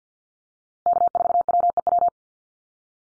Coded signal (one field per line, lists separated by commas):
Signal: Morse code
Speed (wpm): 50 wpm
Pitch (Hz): 700 Hz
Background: none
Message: K4WEW